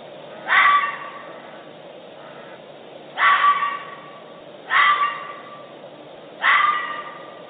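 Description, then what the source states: Bobcat giving short, harsh yowling calls with strong overtones, four calls spaced about one and a half to three seconds apart over a steady background hiss. Played recording, a known-animal example for comparison with reported Bigfoot sounds.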